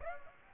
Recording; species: mosquito wingbeat signal from an infrared sensor; Aedes aegypti